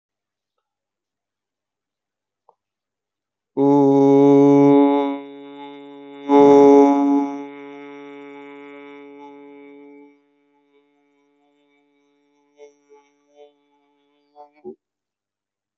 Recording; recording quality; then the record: sustained vowel as in boot; excellent, no background noise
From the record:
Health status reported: healthy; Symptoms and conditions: none ticked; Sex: male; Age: 34 years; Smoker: not ticked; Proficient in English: yes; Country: India